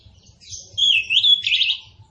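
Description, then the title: Orange-headed thrush song: a continuous warbled phrase of wavering whistles ending in a rapid trilled flourish. Indonesian name anis kembang, also called punglor kembang; bird described as gacor and ngeplong. "Anis Kembang Gacor. Anis Kembang Punglor Kembang Ngeplong"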